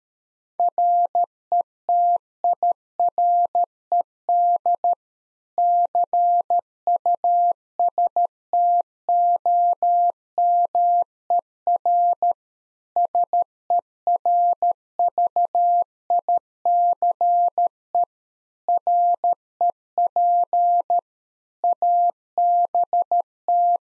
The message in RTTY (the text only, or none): none